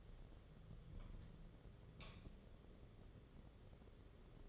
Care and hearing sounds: daily activity, microphone in the room; light on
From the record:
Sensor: 4

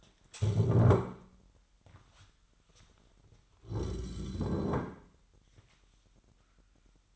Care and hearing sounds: daily activity, microphone in the room; stand up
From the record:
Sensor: 3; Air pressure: 998.5 hPa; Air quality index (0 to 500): 126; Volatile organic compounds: 3 ppm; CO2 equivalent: 1513 ppm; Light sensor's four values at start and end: 8/19/8/8 and 10/22/10/11

